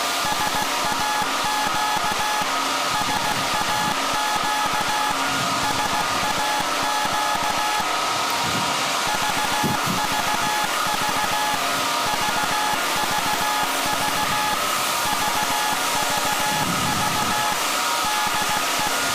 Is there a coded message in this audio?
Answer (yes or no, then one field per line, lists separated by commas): yes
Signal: Morse code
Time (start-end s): 0.3-18.9 s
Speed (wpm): 16 wpm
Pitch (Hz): 850 Hz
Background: music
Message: SAQ SAQ SAQ VVV VVV VVV DE